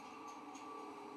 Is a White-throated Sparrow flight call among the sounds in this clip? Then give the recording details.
no. No flight call is heard. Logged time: 01:19 on 20 November 2014